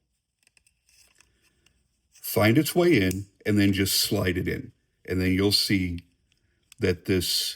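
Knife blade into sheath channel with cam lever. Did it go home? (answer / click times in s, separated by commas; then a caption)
no / none. A knife blade is lined up in the channel of its sheath, which has a cam lever, before being slid in. A few faint small hits from the blade being lined up come at about 0.5, 0.6, 0.7, 1.2 and 1.7 s, and someone then talks for most of the rest. Nothing has seated or clicked yet.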